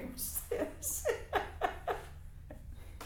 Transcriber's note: laughter